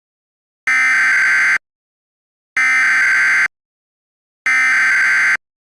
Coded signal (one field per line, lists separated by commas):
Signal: Emergency Alert System (SAME) tones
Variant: header bursts